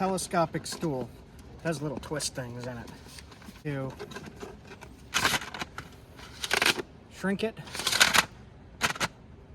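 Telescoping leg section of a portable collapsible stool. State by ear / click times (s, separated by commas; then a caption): seated / 8.0 s. Someone talks while extending the telescoping leg section of a portable, collapsible telescopic stool and twisting its section lock, producing a run of bright, broadband sliding and clacking bursts. A loud, sharp hit at 8.0 s marks the leg locking in place.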